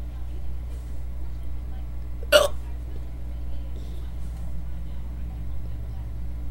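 One sharp, abrupt, deliberately induced hiccup from an adult, just past two seconds, over a steady low rumble like a vehicle.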